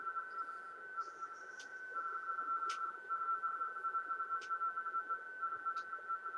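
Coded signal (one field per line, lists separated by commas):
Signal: RTTY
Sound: rapid warbling two-tone chatter around 1.4 kHz, continuous, with occasional short static crackles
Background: radio static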